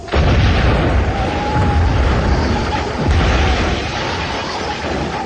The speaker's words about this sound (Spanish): La sorda explosión confirma los peores miedos.